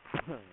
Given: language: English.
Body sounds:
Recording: throat vibration sensor signal played as sound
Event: cough

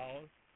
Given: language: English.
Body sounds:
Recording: throat vibration sensor signal played as sound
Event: speech

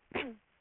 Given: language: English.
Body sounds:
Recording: throat vibration sensor signal played as sound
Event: cough

